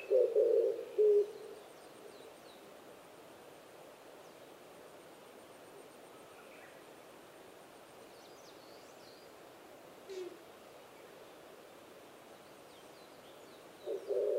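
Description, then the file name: Oriental turtle dove cooing, low hollow notes in a short burst at the start and again at the very end, with faint high chirps of other birds in a quiet background. Recorded 26 April 2010 at 05:29. "kijibato-20100426-0529"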